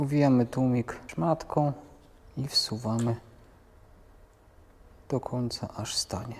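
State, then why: Not seated. A bicycle suspension fork damper assembly for a Charger 3.1 upgrade is wrapped in a rag and its parts are being pushed together until they stop. Someone talks over faint handling sounds, with a quieter pause in the middle. Nothing has seated or clicked yet.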